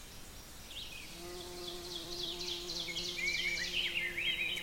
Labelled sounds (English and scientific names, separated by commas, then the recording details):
Ovenbird (Seiurus aurocapilla) song
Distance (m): 75 m
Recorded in boreal forest in Alberta, Canada, on 5 June 2016 at 05:03
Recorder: SongMeter 3, array SBT-3-51
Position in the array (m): 266 m, 100 m
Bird 28